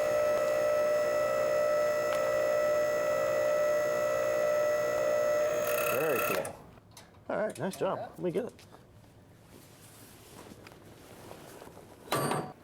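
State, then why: Seated. After a portable car lift has been raised, its mechanical safety lock engages. A steady, harmonic-rich hum runs until about 6.3 s and then cuts off, leaving quiet while someone talks. A sharp, loud click at 12.1 s is the safety lock clicking into place, and the lock is seated.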